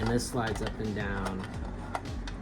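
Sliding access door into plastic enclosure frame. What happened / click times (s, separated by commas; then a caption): The plastic door is being slid but has not yet locked home / none. Someone talks while sliding the small plastic access door of a Zoo Med jumping spider enclosure up and down in its frame, with brief sharp ticks at about 2.0 and 2.3 seconds. Nothing has seated or clicked yet; the door has not locked in place at the bottom.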